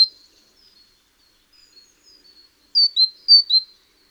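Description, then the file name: Great tit calls, faint high thin notes at first, then two loud pairs of high notes, each a higher note dropping to a lower one, near the end. "Parus major"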